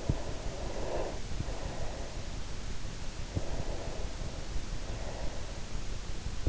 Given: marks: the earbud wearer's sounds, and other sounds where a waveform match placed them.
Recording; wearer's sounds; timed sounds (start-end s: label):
sounds in sleep by an in-ear microphone; breath
0.12-2.58 s: breath
3.36-6.09 s: breath